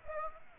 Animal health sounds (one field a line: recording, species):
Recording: mosquito wingbeat signal from an infrared sensor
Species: Aedes aegypti